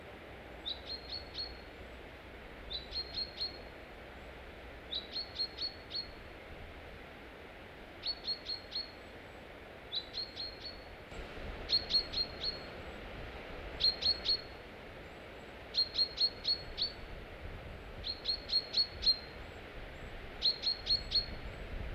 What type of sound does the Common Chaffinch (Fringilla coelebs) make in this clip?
call